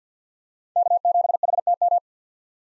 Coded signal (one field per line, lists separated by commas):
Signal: Morse code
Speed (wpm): 50 wpm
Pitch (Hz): 700 Hz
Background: none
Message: K7HTM